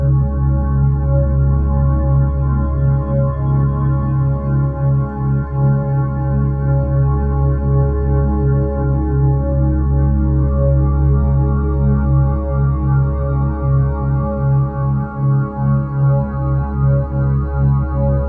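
A steady low drone of layered sustained tones hums throughout, deep and warm, with faint bowl-like ringing and a slow, even pulsing.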